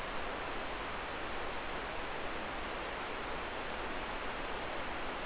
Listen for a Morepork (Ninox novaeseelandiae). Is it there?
no